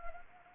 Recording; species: mosquito wingbeat signal from an infrared sensor; Anopheles arabiensis